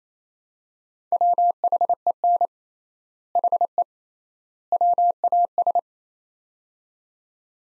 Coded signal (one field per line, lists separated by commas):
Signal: Morse code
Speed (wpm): 28 wpm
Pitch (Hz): 700 Hz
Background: none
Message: WHEN HE WAS